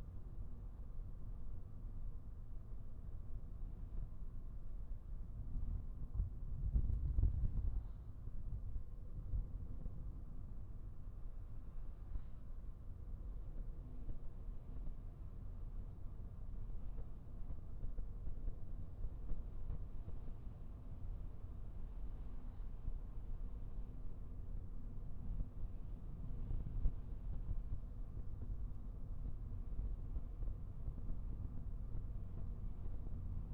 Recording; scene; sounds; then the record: everyday scene through a hearing-aid microphone; in a vehicle; engine, traffic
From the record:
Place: Skoda Fabia, gasoline engine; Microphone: behind the ear, right, rear